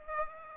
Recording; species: mosquito wingbeat signal from an infrared sensor; Aedes aegypti